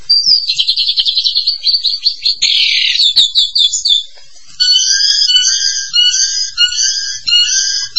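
Starling song: rapid buzzy trills first, then a short pause and a steady series of repeated, ringing whistled notes.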